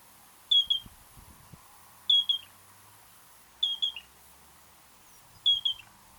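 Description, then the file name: Yellow-breasted crake giving a high, clear whistled double note ending in a quick downward slur, repeated four times over a steady faint hum. "Yellow breasted Crake Porzana flaviventer"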